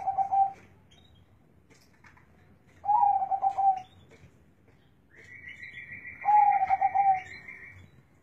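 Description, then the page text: Zebra dove song: three trilled coo phrases roughly three seconds apart; a higher, steady whistled tone overlaps the last phrase. Local Indonesian perkutut, a contest bird whose voice is the main judging criterion in song contests. "Suara Perkutut Lokal Asli"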